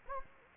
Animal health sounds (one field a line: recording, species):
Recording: mosquito wingbeat signal from an infrared sensor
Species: Anopheles gambiae